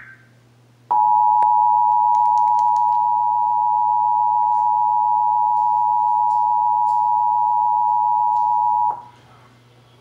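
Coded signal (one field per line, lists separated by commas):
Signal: Emergency Alert System (SAME) tones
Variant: 853 and 960 Hz attention tone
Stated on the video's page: Real Texas required monthly EAS test, as aired on several AM, FM and TV stations.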